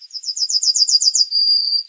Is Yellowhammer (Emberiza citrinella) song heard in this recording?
yes